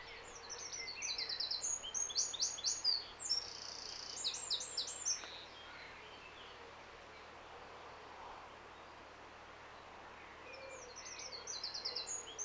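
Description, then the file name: Eurasian wren gives an energetic burst of high trills and chips for a few seconds, falls silent, then starts another loud phrase near the end. "Troglodytes troglodytes"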